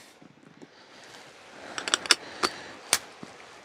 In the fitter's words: hear the click and then